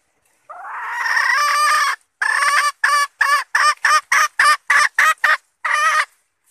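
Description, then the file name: Red junglefowl hen delivering a sustained harsh note that gives way to a series of brief rough clucks, closing with one longer note. Female red junglefowl calling to find a mate. "tieng ga rung mai keu tim kiem ban tinh"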